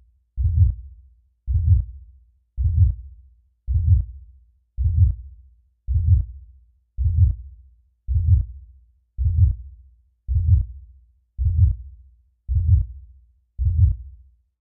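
A slow, regular heartbeat of low-pitched thumps, about 55 beats per minute.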